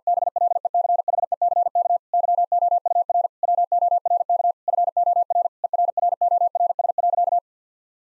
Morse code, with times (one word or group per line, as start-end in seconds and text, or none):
0.1-2.0 BLECHECK
2.1-3.3 YOUR
3.4-4.5 WORK
4.7-5.5 FOR
5.6-7.4 ERRORS.